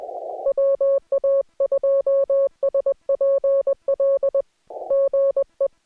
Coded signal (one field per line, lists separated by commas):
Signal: Morse code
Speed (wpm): 20 wpm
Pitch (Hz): 550 Hz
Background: music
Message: WA2SPL GE